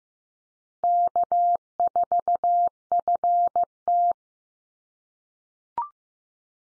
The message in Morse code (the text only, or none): K4FT